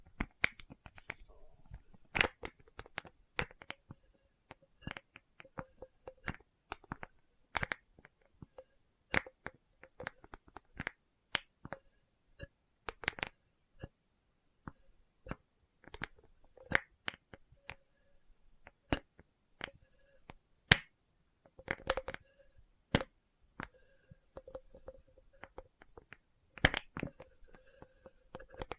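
Experimental triggers tapped and clinked on glass test tubes: sharp, bright clicks and chinks arrive irregularly throughout, sometimes in quick clusters, sometimes spaced by short pauses. A faint ringing tone lingers after some strikes, and a quiet hiss sits underneath.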